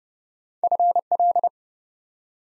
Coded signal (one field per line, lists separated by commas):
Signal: Morse code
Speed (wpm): 30 wpm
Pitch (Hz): 700 Hz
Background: none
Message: FL